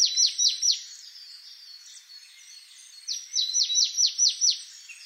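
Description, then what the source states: Marsh tit calls: short bursts of high, rapidly repeated falling notes at the start and end, with faint chatter between them. Recorded 28 November 2013.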